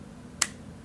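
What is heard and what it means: A beard guard comb, lined up with the slots and arms on an all-in-one electric beard trimmer head, is pushed down onto it. A single sharp snap is heard at 0.4 s over quiet background noise. The comb seats in place.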